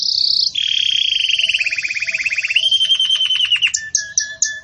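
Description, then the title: Canary song: rolling trills, first high then dropping lower, breaking into rapid repeated notes and a few short clipped notes. Belgian canary song, described as campainha, used for breeding chicks to learn from. "Belíssimo Canto Do Canário Belga Campainha Para Encarte De Filhotes"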